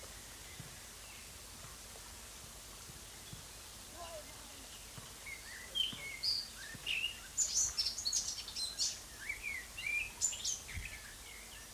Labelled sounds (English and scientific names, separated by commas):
Eurasian Blackcap (Sylvia atricapilla) song